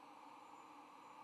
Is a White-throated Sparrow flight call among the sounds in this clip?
no